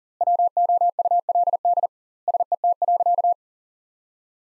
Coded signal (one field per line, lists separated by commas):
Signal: Morse code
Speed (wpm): 40 wpm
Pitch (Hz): 700 Hz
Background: none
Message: WOULD SET.